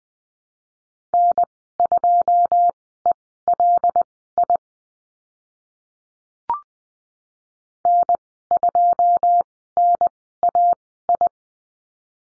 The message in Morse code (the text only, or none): N2ELI N2NAI